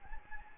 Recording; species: mosquito wingbeat signal from an infrared sensor; Anopheles gambiae